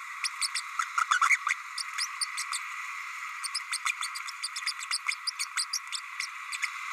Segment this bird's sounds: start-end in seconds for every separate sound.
0.23-0.28, 0.41-0.49, 0.54-0.61, 0.79-0.84, 0.97-1.00, 1.10-1.19, 1.29-1.36, 1.48-1.54, 1.97-2.06, 2.21-2.25, 2.37-2.44, 3.43-3.49, 3.54-3.59, 3.71-3.77, 3.85-3.92, 4.02-4.08, 4.42-4.48, 4.90-4.97, 5.08-5.14, 5.26-5.31, 5.39-5.45, 5.56-5.65, 5.73-5.78, 5.92-5.97